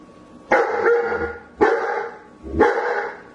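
German Shepherd barking three times, each bark gruff and ringing briefly, roughly one per second.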